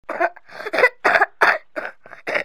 Child Cough.